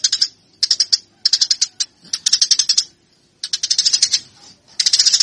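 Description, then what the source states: Eurasian tree sparrow calling in short, stuttering bursts of sharp, high chirps, several bursts with brief silent gaps between them. Fighting (tarung) song style; used as master training material.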